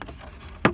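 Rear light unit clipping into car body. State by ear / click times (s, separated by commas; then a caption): seated / 0.0 s, 0.7 s. The plastic rear light unit of a Renault Clio 2 is pressed back into the car body after changing the rear bulbs, so its clips snap in and keep it watertight against condensation inside. A small sharp snap comes at 0.0 s and a louder, fuller snap at 0.7 s over quiet background noise. The rear light unit is seated and clipped home.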